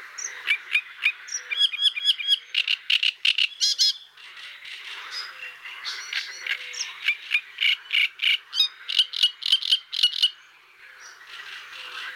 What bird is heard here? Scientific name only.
Acrocephalus arundinaceus